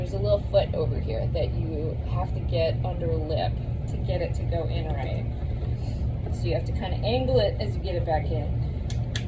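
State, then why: Seated. A plastic tubing cartridge is hooked by its foot under a lip, angled, and pushed back down onto a peristaltic pump head while someone talks over a steady low hum. It clicks into place with sharp clicks at 8.9 s and 9.2 s, and the cartridge is seated.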